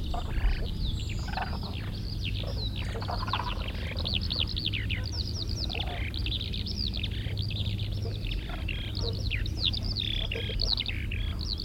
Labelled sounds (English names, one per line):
Common Crane call